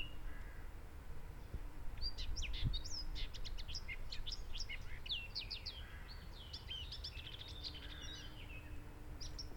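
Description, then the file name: Eurasian blackcap song, a fast run of high chirping and warbled notes lasting several seconds. "Sylvia atricapilla"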